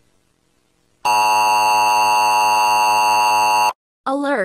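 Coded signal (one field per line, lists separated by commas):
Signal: Emergency Alert System (SAME) tones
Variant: 853 and 960 Hz attention tone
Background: speech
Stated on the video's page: Fictional EAS scenario, not real, using valid SAME tones.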